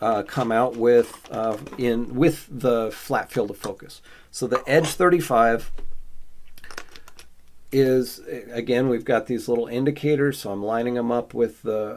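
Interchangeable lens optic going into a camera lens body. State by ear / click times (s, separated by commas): not seated / none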